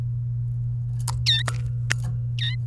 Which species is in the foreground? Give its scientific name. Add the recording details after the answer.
Serinus canaria. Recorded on 29 April 2018 at 13:43. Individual llb3